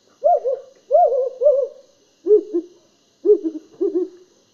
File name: African Wood Owl